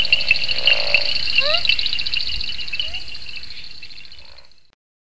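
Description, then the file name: Galam white-lipped frog with a low throaty burst and a few short rising notes, backed by a steady high pulsing drone that fades out at the end. "Amnirana galamensis"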